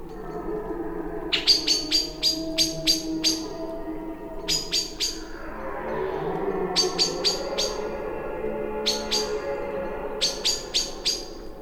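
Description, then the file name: Common blackbird calls: hard, metallic chink notes in rapid runs of several, separated by pauses, over a soft low rumble. "Turdus merula"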